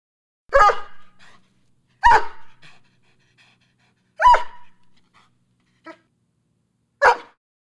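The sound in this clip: Large dog barking: four deep, hoarse barks spaced a few seconds apart, most trailing into softer huffs, with a faint short sound between.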